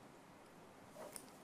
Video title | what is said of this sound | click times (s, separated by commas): 10 Connection Technologies: from connectors & cables to housings | U duwt, het vergrendelt en het zit vast. | 1.2 s